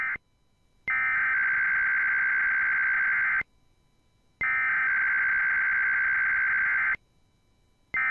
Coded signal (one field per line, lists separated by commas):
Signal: Emergency Alert System (SAME) tones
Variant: header bursts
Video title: (10/04/2021) IPAWSCAP Weeklies (EAS 424-429)